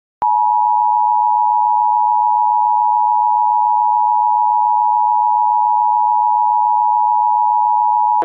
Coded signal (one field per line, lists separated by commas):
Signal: Emergency Alert System (SAME) tones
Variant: 853 and 960 Hz attention tone